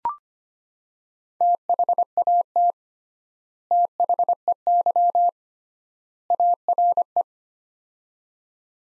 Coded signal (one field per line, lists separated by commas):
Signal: Morse code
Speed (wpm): 25 wpm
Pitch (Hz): 700 Hz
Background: none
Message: THAT THEY ARE